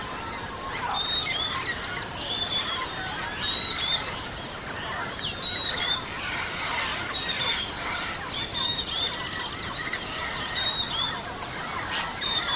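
Birds giving brief whistled and chirping calls in a loose, steady chorus, backed by an unbroken high insect-like hum.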